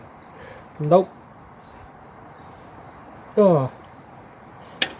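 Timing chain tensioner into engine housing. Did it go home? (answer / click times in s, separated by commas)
yes / 4.8 s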